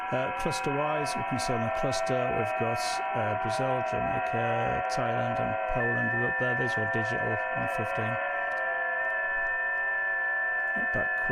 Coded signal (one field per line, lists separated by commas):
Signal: FT8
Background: speech